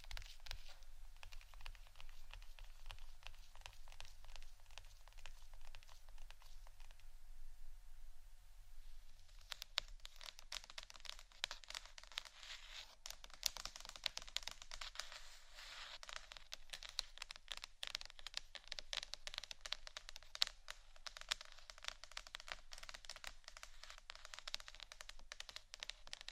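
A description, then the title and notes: Two types of tapping: a softer, duller patter for the first nine seconds, then brighter, sharper, denser taps continuing to the end over a low hum. ASMR 2 Types Of Tapping（No Talking）.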